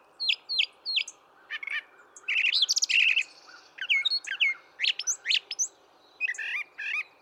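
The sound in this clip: Brown thrasher song of sharp high notes and dense chattering phrases, the phrases changing constantly and spaced by short pauses, over a low background hiss.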